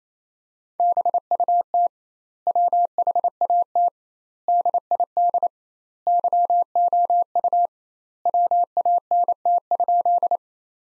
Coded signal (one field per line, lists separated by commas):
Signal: Morse code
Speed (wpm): 28 wpm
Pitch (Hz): 700 Hz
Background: none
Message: BUT WHAT DID YOU WANT?